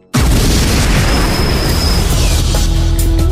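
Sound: explosion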